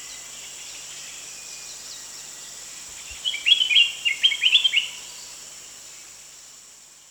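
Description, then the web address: Spectacled bulbul calls: a quick chattering series of short, high notes lasting under two seconds, over a steady high background hum. Recorded at Danum on 1 January 2008. "DANUM 20080101. spectacled bulbul"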